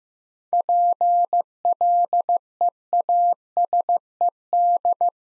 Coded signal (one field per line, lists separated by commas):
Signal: Morse code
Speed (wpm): 15 wpm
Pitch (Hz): 700 Hz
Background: none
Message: PLEASED